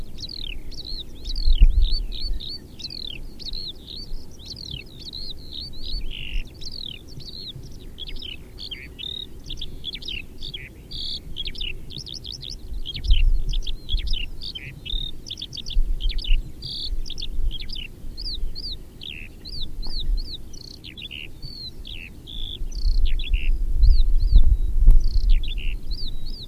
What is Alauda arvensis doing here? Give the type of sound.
flight song